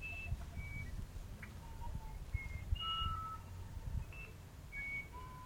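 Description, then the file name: Musician wren: clear whistles in a slow, varied melody, some notes high and short, others lower and drawn out, over low rumbling noise. "uirapuru"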